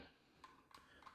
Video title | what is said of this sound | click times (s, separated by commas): Vedder: Pocket Locker Holster | I mean, just clicks right in there. You hear that click? Perfect. | 0.4 s, 0.7 s